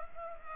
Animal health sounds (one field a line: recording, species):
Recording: mosquito wingbeat signal from an infrared sensor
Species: Culex pipiens